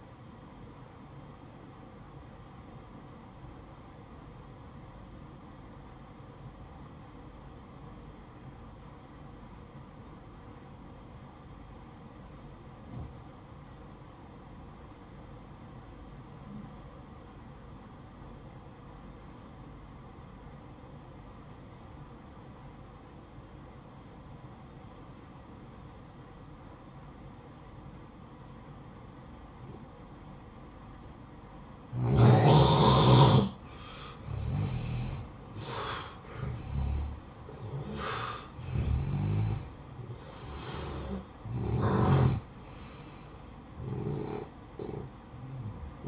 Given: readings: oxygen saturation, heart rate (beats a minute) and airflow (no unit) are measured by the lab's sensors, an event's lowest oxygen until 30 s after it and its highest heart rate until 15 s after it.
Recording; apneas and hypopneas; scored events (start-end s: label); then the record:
breathing in sleep by a smartphone at the bedside; 1
3.00-32.50 s: obstructive apnea (N1, oxygen 95% highest, then 86% lowest, heart rate 60 at the start, 65 highest)
From the record:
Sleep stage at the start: N1 (lightest sleep); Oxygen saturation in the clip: 88 to 95%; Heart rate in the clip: 55 to 65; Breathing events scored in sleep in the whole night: 573 in 9.8 hours asleep